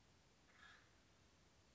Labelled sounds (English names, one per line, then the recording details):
Acorn Woodpecker
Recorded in Sonoma County, California